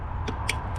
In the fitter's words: You should hear that thing click.